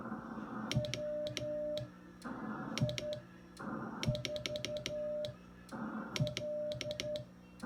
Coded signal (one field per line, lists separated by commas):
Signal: Morse code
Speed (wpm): 11 wpm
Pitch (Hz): 600 Hz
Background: none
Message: WI4L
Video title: Morse Code (CW) visual spacing